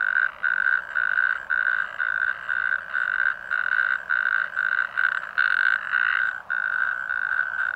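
Natterjack toad giving rapid rattling croaks in quick succession.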